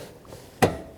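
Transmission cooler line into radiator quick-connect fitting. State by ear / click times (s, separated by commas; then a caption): seated / 0.6 s. A transmission cooler line is slid into a new quick-connect fitting with its C-clip on the radiator of a 2007-14 Chevy Silverado and pressed in. A faint tick is heard at 0.3 s, then a sharp click at 0.6 s with a short ringing tail. The line is seated and locked in the fitting.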